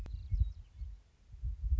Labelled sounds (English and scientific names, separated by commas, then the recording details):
Western Meadowlark (Sturnella neglecta)
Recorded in Sonoma County, California